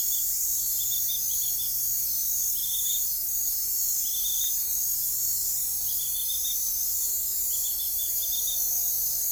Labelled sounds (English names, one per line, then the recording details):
none
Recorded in forest near Pivijay, Magdalena, Colombia, on 3 June 2023 at 03:00
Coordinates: 10.467, -74.380
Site Z5-G034